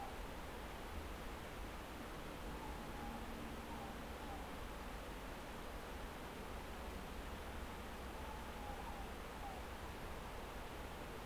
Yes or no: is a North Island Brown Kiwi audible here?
no